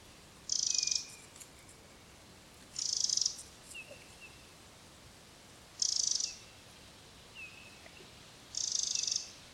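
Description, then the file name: Eurasian wren giving dry, high rattling bursts about every two and a half seconds, with faint thin notes between them; steady hiss in the background. "Troglodytes troglodytes"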